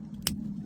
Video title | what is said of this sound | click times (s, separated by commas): BMW Mini countryman rear brake pads & the brake wear sensor replacement. Mini R60 brake pads change. | Hear the click? That's the new connector nicely been fitted. | 0.3 s